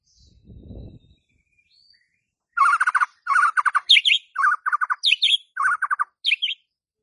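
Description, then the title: White-rumped shama song: after a soft low rumble, rapid bursts of clipped, chattering notes alternate between lower trills and higher whistled figures, repeated in quick phrases. Used as a lure (pancingan) for a stressed shama that has stalled (macet) in its singing. "PANCINGAN Murai Batu STRES & MACET"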